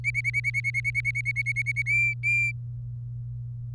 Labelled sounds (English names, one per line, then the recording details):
Domestic Canary song
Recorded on 24 April 2018 at 10:24
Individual llb3